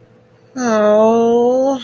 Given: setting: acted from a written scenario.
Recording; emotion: vocal sound without words; pain